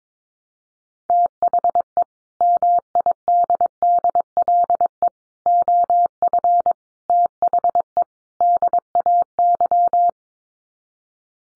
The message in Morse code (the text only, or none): THE MIDDLE OF THE DAY